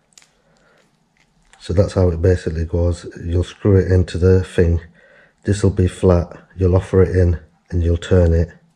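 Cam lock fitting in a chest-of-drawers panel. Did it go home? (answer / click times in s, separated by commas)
no / none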